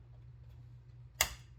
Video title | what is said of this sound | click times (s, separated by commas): How to Build a Computer 2023 | really the weight of it the weight of this one just clicks right in | 1.2 s